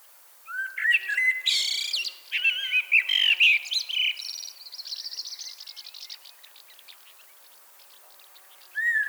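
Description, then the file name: Common blackbird song with rich fluty whistles and sharp high squeaks, followed by a long fading series of thin rapid twitters, and another fluted note starting at the end. "Turdus merula"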